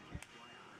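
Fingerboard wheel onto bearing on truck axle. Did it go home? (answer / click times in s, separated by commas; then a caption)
yes / 0.2 s. A plastic fingerboard wheel, which had come loose from the bearing after hard trick landings, is pushed back onto its bearing on the truck axle. A low, dull thump is heard at about 0.15 s, followed by a single sharp, short click at 0.2 s as the wheel seats onto the bearing.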